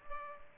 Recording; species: mosquito wingbeat signal from an infrared sensor; Culex pipiens